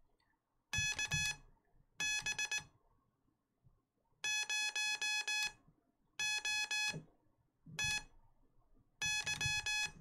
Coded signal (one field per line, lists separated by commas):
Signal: Morse code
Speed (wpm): 19 wpm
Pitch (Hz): 3400 Hz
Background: none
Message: KB0OTY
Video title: I Learned CW! (well not really, but I am trying) | Learning Morse Code!